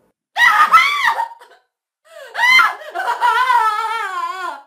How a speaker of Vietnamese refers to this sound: Còn … thì hét lên thất thanh rồi ngã quỵ xuống đất run lẩy bẩy